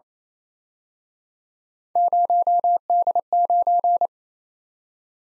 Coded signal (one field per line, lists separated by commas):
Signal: Morse code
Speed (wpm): 31 wpm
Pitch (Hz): 700 Hz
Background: none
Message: 0D9